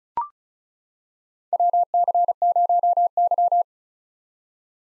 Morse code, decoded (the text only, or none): WC0Y